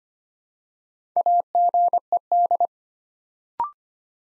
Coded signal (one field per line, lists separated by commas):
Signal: Morse code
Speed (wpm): 25 wpm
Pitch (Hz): 700 Hz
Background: none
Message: AGED